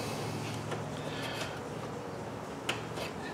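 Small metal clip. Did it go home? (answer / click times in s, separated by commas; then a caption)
released / 2.7 s. On a Chevrolet 1500 / Tahoe with no A/C and a leaking condenser, a release tool clamped around an A/C or cooler line at a quick-connect fitting is pushed in and turned until it catches the three fingers of the retaining e-clip. A sharp click sounds at 2.7 s over a steady low background noise. The coupling is clicked open, and the line has already started to come out.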